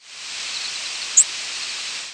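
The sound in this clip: Vesper sparrow flight call: one very short, high, thin note standing out briefly against steady hiss.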